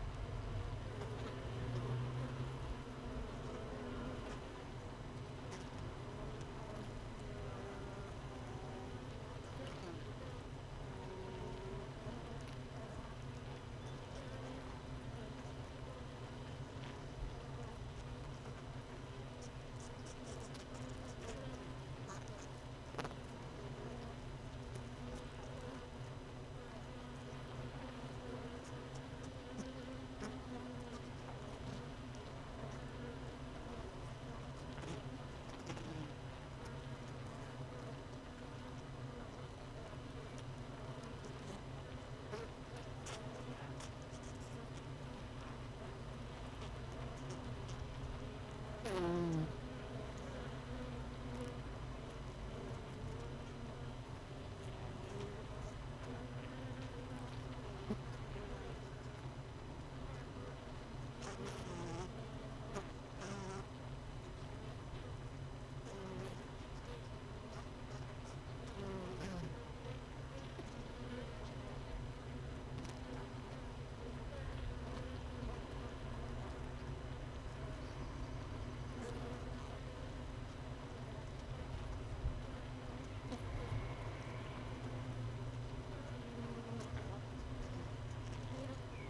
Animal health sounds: honeybee colony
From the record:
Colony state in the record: missing queen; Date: 31 May 2018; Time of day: 16:47

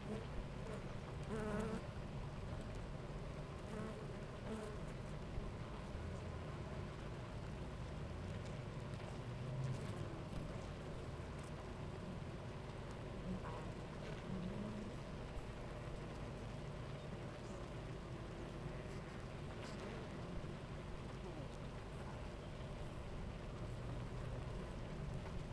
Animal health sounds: honeybee colony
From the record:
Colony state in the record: active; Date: 28 July 2017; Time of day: 10:21

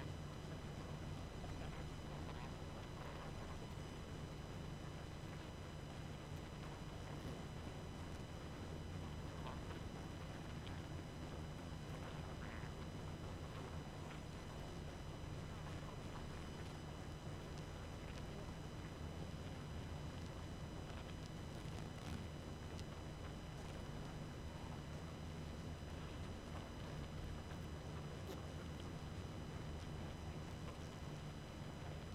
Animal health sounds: honeybee colony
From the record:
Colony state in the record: active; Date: 12 June 2018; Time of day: 22:20

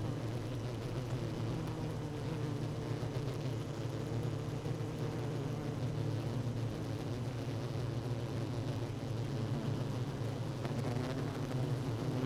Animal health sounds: honeybee colony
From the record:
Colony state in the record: active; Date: 12 June 2018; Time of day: 16:49

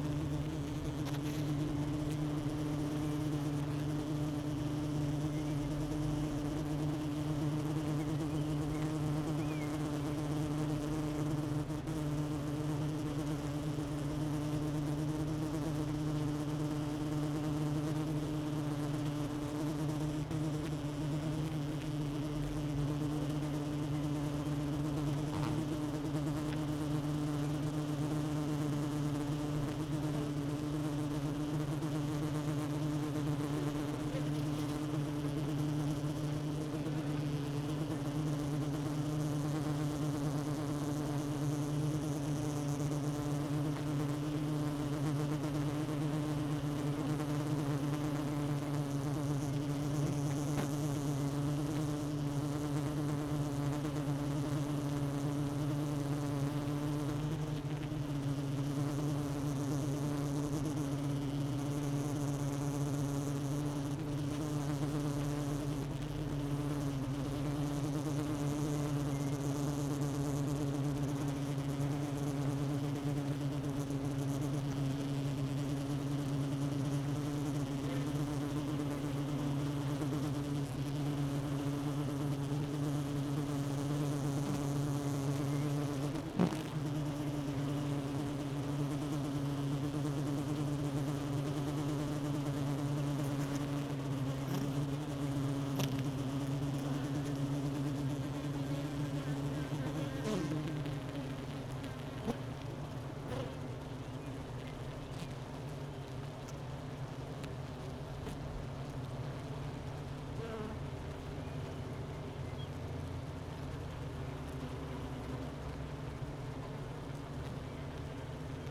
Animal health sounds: honeybee colony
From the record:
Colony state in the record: missing queen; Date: 31 May 2018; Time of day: 12:50

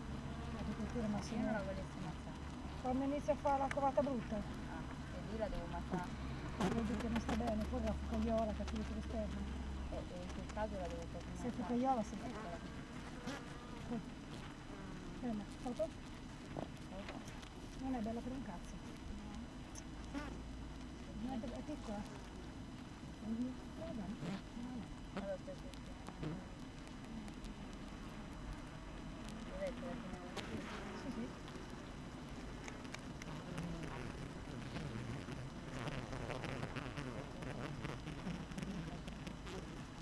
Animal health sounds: honeybee colony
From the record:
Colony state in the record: active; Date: 12 June 2018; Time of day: 7:52

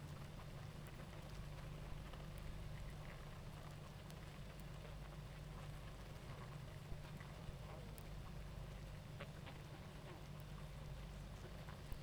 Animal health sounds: honeybee colony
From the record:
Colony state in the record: active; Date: 28 July 2017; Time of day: 19:18

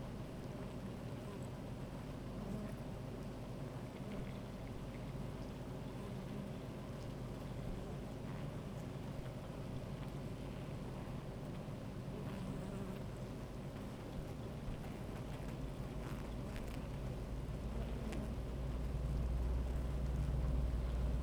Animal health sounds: honeybee colony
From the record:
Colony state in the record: active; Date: 28 July 2017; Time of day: 13:27

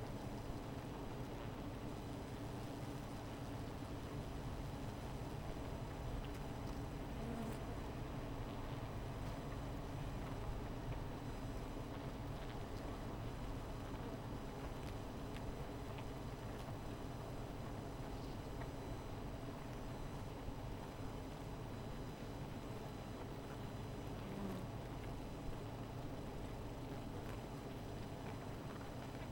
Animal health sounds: honeybee colony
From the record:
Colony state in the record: missing queen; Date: 14 July 2017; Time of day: 16:31

